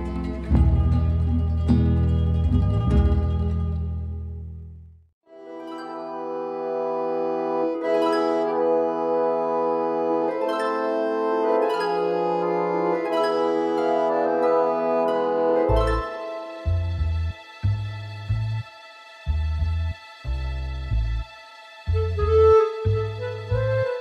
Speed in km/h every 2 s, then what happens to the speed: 18, 14, 11, 5, 5, 0, 0, 0, 0, 0, 0, 1.
0-9 slows to 0. 9-24 standing.